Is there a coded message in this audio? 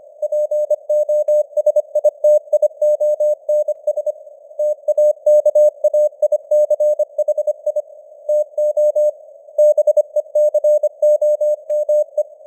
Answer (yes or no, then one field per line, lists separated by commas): yes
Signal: Morse code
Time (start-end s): 0.2-12.2 s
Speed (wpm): 25 wpm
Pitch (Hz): 600 Hz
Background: none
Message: POSITIONS TAKAICHI TO BECOME